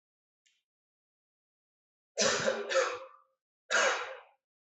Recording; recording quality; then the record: shallow voluntary cough; excellent, no background noise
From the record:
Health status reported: healthy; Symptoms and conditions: none ticked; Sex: male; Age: 25 years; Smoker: not ticked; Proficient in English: no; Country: India